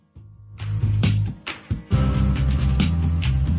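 An adult man coughs.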